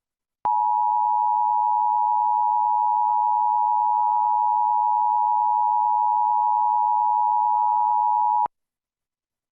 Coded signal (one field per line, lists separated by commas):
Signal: Emergency Alert System (SAME) tones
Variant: 853 and 960 Hz attention tone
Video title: US National Emergency Alert System (EAS) Test — October 4, 2023